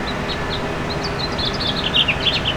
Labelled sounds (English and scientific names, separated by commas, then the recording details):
House Finch (Haemorhous mexicanus) song
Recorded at Bellport on Long Island, New York, on 21 June 2013
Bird E